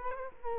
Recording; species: mosquito wingbeat signal from an infrared sensor; Culex quinquefasciatus